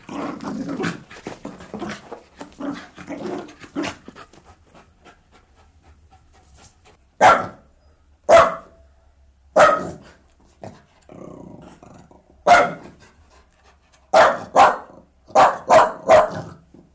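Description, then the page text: Dog panting and scuffling at first, then a few loud, sharp single barks spaced one to three seconds apart, closing with a quick cluster of five barks. Jack Russell/Corgi cross dog, indoors, leaping around while playing and barking. "Sound Effects-BBC. Jack Russell/Corgi cross, interior, leaping around playing & barking, loud barking"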